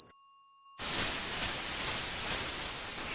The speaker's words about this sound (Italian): Fischi, ronzii, cascatelle, così le persone che soffrono di acufene descrivono il loro problema.